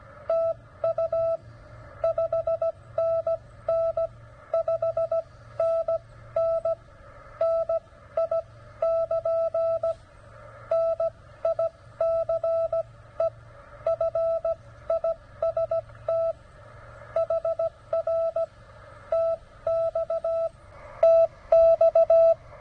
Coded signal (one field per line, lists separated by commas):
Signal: Morse code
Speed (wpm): 15 wpm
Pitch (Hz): 690 Hz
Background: none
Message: TU 5NN 5NN NI <KN> NICE FIST HR TX TX